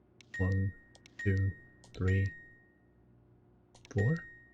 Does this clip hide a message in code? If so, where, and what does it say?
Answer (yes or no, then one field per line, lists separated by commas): no